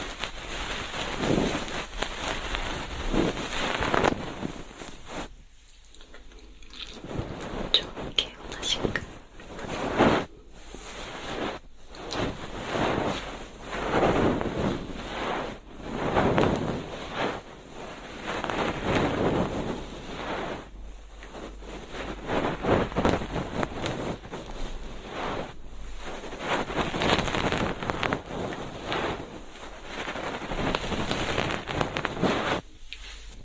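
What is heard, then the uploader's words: Soft feather ear cleaning, heard as fluffy brushing and rustling that swells and fades in waves. The texture is dense and airy, with brief near-silent pauses around 6 and 10 seconds and a quieter stretch near 21 seconds before the sweeping strokes resume. Ear cleaning. 3DIO 마이크를 이용한 귀청소!! 앞에는 속닥속닥 수다 많이떨구 뒤에는 점점 말이 줄어갑니다! Feather pick (솜털귀이개).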